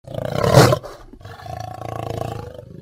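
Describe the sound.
Lion giving one loud, deep roar that bursts out and fades quickly, followed by a lower, rumbling growl that trails off.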